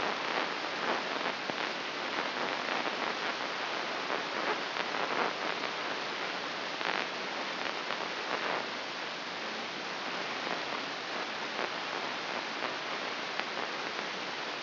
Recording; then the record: brain microelectrode recording played as sound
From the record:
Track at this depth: inside the subthalamic nucleus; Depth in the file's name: 5.513 mm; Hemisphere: left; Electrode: 3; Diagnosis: Parkinson's disease